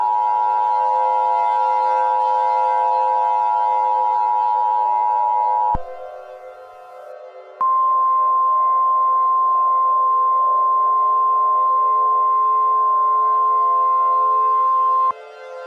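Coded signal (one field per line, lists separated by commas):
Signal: Emergency Alert System (SAME) tones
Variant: 853 and 960 Hz attention tone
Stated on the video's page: Fictional EAS scenario, not a real alert.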